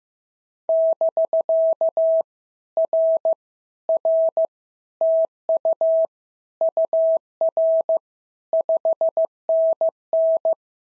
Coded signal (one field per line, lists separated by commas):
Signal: Morse code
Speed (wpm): 14 wpm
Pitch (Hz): 650 Hz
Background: none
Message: <BK> R R TU UR 5NN